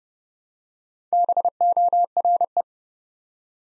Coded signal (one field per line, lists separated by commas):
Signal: Morse code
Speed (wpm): 30 wpm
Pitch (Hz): 700 Hz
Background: none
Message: BORE